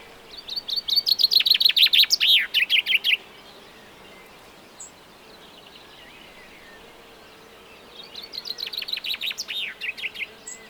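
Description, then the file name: Common chaffinch song: two bright, rattling phrases of rapid descending notes, the first ending in a flourish. "Fringilla coelebs"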